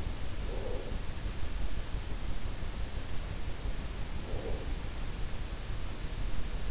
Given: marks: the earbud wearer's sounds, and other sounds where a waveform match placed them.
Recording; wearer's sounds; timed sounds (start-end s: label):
sounds in sleep by an in-ear microphone; breath
0.24-1.24 s: breath
4.10-5.24 s: breath